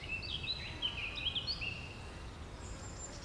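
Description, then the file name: Eurasian wren: a faint run of thin, high notes over about a second and a half, with a steady low rumble of background noise throughout. "Troglodytes troglodytes"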